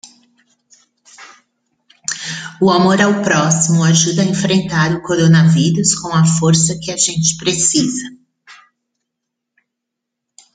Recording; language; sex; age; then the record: spoken sentence; Brazilian Portuguese; female; 50 to 59 years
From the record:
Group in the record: control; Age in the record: 53 years